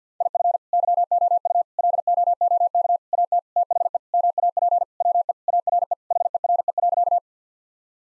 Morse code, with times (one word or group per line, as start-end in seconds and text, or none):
0.2-0.6 IF
0.7-1.6 YOU
1.8-3.0 LOOK
3.1-3.4 AT
3.6-4.0 THE
4.1-4.8 MAP
5.0-5.3 WE
5.5-5.9 ARE
6.1-7.2 HERE.